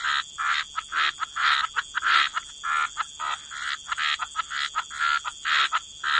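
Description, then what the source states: Frogs croaking in quick pulses, short grating notes nearly twice a second, with a steady high hiss. Frog chorus.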